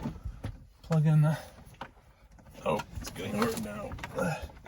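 A large wiring harness connector is being pushed into the back of a double-DIN car stereo head unit in a 2006 Highlander Limited Hybrid with Navigation, and it is getting hard to push. Someone talks over faint handling noise, with brief knocks around 1.8 s, 2.4 s and 4.7 s. The connector has not seated or clicked yet.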